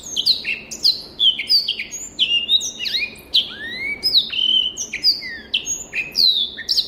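Rüppell's warbler singing a rapid, rattling stream of scratchy, down-slurred notes with an occasional lower rising note mixed in, steady throughout.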